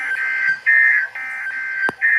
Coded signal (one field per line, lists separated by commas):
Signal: Emergency Alert System (SAME) tones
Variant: end-of-message bursts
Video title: PDS Flash Flood Warning #2 (EAS #52) (10/27/2023)